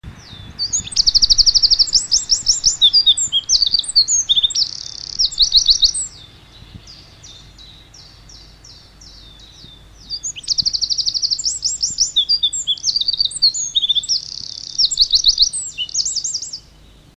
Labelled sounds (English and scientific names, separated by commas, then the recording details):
Eurasian Wren (Troglodytes troglodytes) song, Common Chiffchaff (Phylloscopus collybita)
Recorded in the wild
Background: Phylloscopus collybita
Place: Schloß Holte-Stukenbrock, Senne, Nordrhein-Westfalen, DE
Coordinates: 51.8964, 8.69833
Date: 1973-04-20
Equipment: Uher 4200 Report Stereo, Bändchenmikro Beyer M 260, Parabolspiegel Polyester (600 mm)
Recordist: Conrads, Klaus
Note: Senne-Golfclub Gut Welschof (Stukenbrock). Gesang. Im Hintergrund Zilpzalp